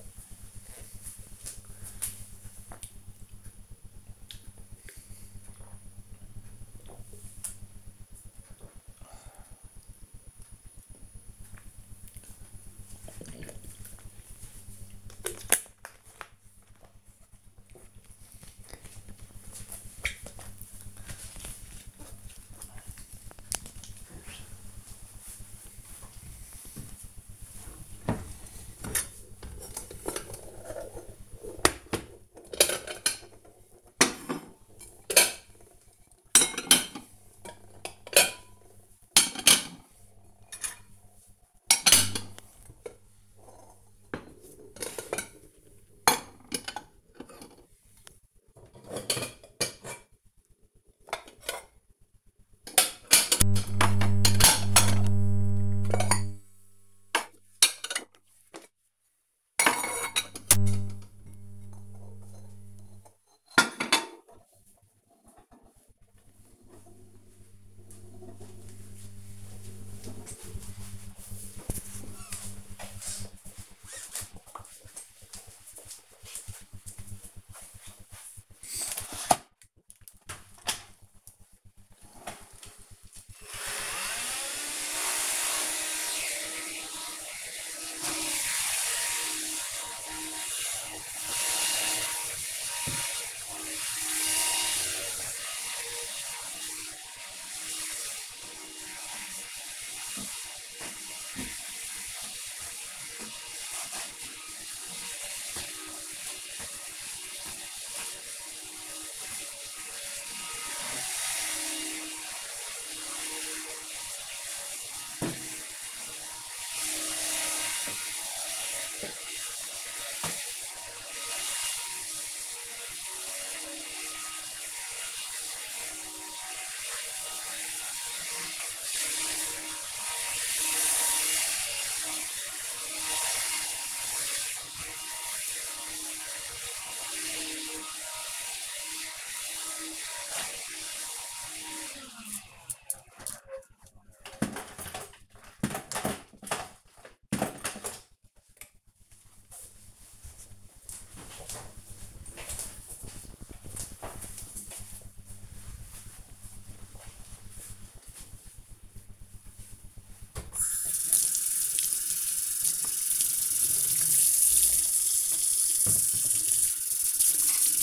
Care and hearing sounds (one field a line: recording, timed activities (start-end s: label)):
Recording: household activities, microphone on the right wrist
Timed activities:
0.00-15.82 s: drinking
24.89-66.13 s: putting away the dishes
79.18-142.58 s: vacuum cleaning
159.68-167.83 s: washing dishes